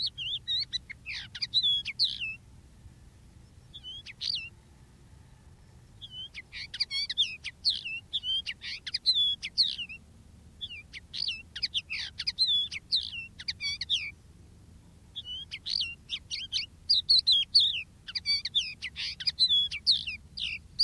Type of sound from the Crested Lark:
song